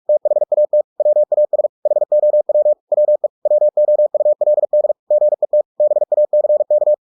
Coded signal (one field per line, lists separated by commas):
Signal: Morse code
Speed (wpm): 46 wpm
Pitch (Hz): 600 Hz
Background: none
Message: THAT WAS HOW WE WOULD GET BACK